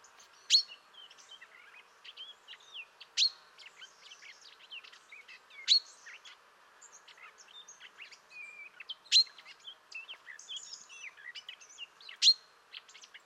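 Common chaffinch giving loud, sharp high call notes repeated every few seconds, five in all, amid many softer twittering notes.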